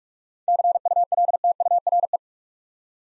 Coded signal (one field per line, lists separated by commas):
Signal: Morse code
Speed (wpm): 46 wpm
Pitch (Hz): 700 Hz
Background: none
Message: CULTURE